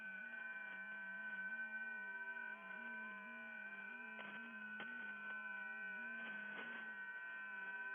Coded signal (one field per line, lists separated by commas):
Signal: FT8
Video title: [ARCHIVE] Music, Ham Radio Voices & FT8 — Offline World-wide Comms from the Edge of the Net